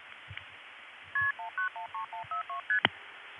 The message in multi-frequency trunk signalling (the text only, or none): KP191312ST